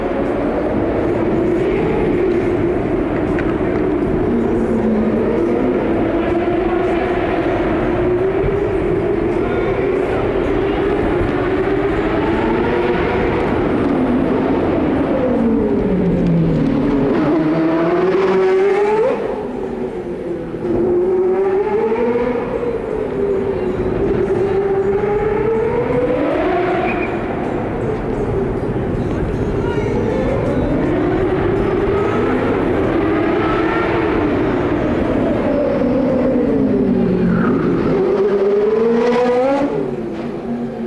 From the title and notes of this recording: The Sounds of CART IndyCar at Detroit, 1990. Trackside sounds of the CART IndyCar Series as it raced around downtown Detroit on the former Formula 1 circuit. The 2.65-liter single-turbo V8 engines from Chevrolet, Cosworth, Judd, Alfa Romeo, and Porsche. There’s also the distinct grunt and wail from the 3.4-liter single-turbo Buicks in action around the tight 2.5-mile street layout.